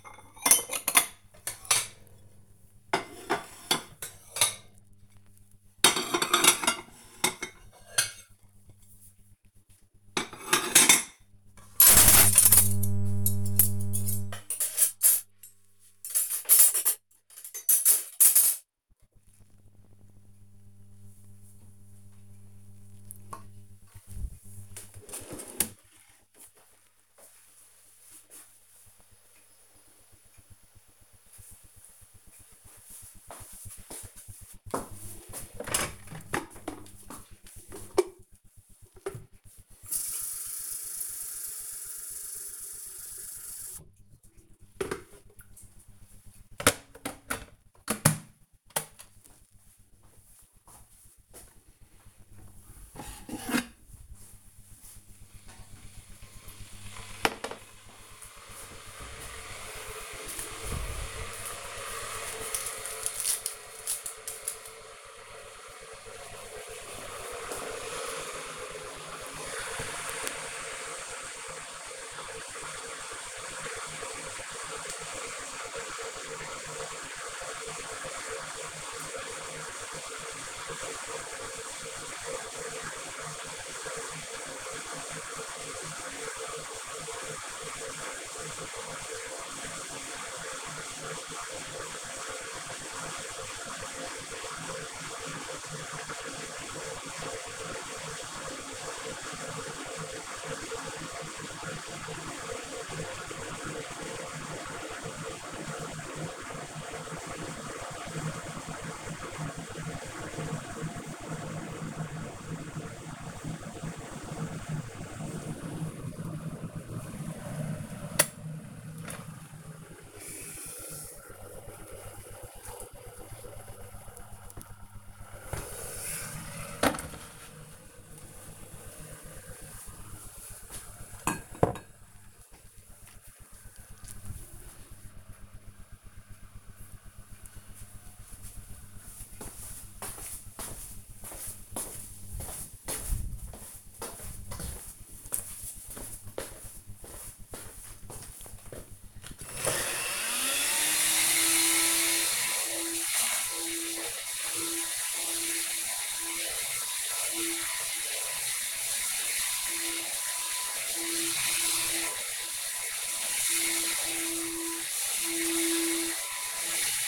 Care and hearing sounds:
household activities, microphone on the right wrist
0.00-18.48 s: putting away the dishes
34.54-127.98 s: making tea
148.08-167.08 s: vacuum cleaning

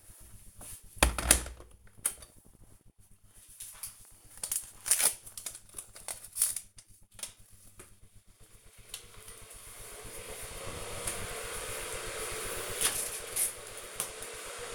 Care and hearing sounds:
household activities, microphone on the right wrist
0.00-14.75 s: making tea

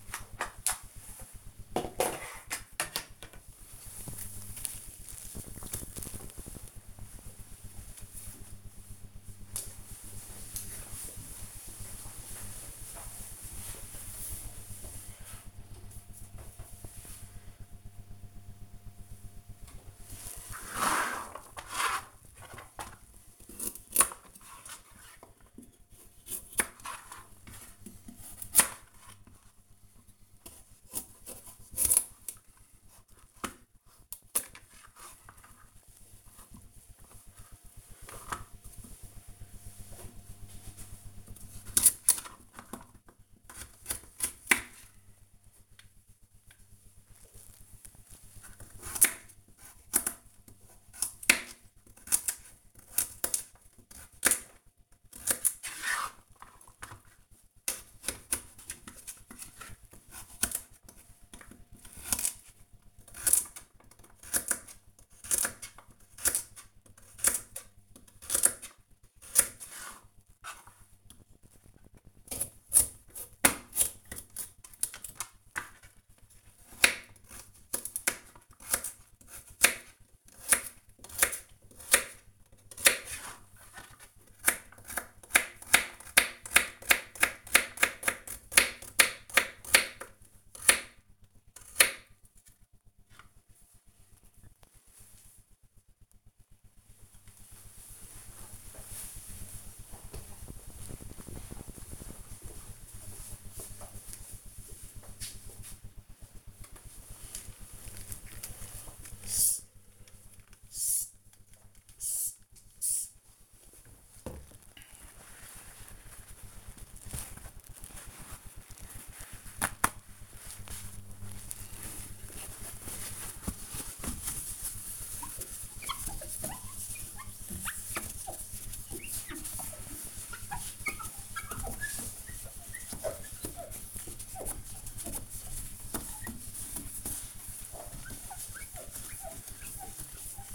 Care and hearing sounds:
household activities, microphone on the right wrist
0.00-5.90 s: floor cleaning
18.96-92.30 s: cutting vegetables
106.39-140.55 s: window cleaning

